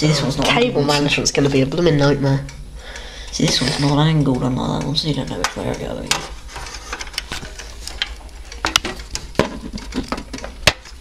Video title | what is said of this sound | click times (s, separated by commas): PC Build Part 3: Drives and Cables | it didn't click but it looked like it did | none